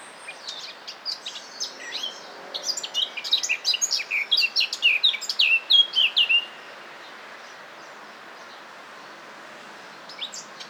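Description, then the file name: Eurasian blackcap song: a rapid, rising-in-volume warble of mixed scratchy and fluty notes lasting several seconds, followed by near silence with a faint note at the end. "Sylvia atricapilla"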